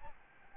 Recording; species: mosquito wingbeat signal from an infrared sensor; Aedes albopictus